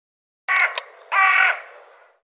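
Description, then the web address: Bird calling with two loud, hoarse, grating calls, the second longer and trailing off. "cianscape birddata Deverinetal 2025 File cleaned normalized Bird"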